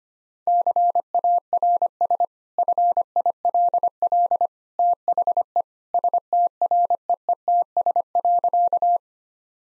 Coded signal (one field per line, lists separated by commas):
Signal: Morse code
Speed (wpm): 25 wpm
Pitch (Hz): 700 Hz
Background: none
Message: CARS FILL THE STREETS.